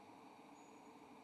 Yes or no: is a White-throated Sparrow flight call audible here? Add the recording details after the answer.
no. No flight call is heard. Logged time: 05:22 on 18 November 2014